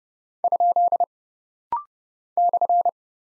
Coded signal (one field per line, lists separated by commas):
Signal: Morse code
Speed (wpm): 30 wpm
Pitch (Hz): 700 Hz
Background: none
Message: ? /